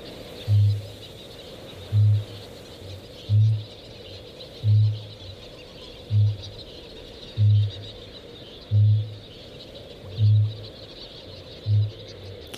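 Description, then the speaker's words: Kakapo booming: nine deep, resonant low booms, evenly spaced about every one and a half seconds, over faint background hiss. Booming of a male kākāpō, a night parrot, likened to the heartbeat of the land. "the booming of the male kākāpō is a little bit like the heartbeat of the land."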